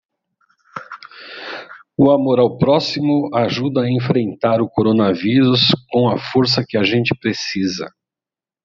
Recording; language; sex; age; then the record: spoken sentence; Brazilian Portuguese; male; 50 to 59 years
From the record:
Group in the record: control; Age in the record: 57 years